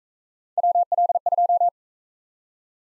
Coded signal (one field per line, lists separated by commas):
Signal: Morse code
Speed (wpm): 41 wpm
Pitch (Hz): 700 Hz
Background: none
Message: WL2